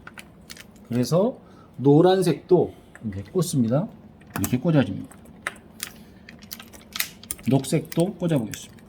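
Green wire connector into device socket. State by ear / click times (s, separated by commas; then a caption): not seated / none. A green wire connector is handled at a device socket after a yellow wire has been plugged in, with short handling taps and clicks between stretches of someone talking. The clip ends before the green connector goes home, so nothing has seated or clicked yet.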